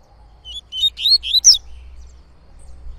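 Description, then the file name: Coleiro-baiano song: a short phrase of about five clear whistled notes, ending on a higher final note, then quiet with faint low background hum. Singing a lot; tui-tui song style. "Coleiro Baiano Cantando Muito Canto Tui Tui"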